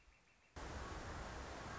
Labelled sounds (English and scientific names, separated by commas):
Northern Flicker (Colaptes auratus)